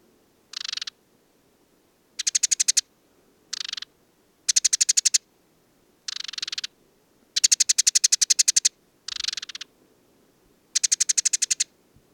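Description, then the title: Desert sparrow song: bursts of dry, buzzy rattling trills, some short and some longer, separated by brief silent pauses over a quiet background. Male perched atop an acacia, Oasis de Mayateg, Mauritania, 22 February 2019, no wind; song of twitters, trills and inventions recalling Common Linnet; parabolic dish, MixPre-3 recorder. "Le Moineau blanc du désert - Mauritanie"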